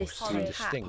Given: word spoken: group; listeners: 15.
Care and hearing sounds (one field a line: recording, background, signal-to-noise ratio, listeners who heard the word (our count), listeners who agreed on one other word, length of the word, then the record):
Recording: one English word in noise, from a listening test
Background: four-talker babble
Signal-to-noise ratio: -3.0 dB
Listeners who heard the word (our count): 0 of 15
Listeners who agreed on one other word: 9 of 15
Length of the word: 0.49 s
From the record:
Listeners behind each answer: 9, 1, 1, 1, 1, 1, 1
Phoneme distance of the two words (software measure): 68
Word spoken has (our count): 1 syllable, 4 phonemes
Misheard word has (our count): 2 syllables, 8 phonemes, stress on syllable 2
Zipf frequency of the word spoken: 5.19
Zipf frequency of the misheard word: 3.75